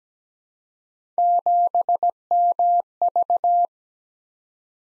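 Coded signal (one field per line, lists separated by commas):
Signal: Morse code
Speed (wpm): 17 wpm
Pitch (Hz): 700 Hz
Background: none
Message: 7MV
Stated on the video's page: Computer-generated Morse practice drill of random three-character letter-number groups at 17 wpm, each group sent, spoken, then sent again.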